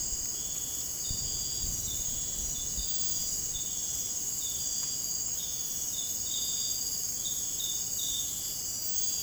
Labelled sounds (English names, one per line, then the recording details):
none
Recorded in dense forest near Puerto Asís, Putumayo, Colombia, on 30 June 2025 at 03:30
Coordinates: 0.503, -76.323
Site G059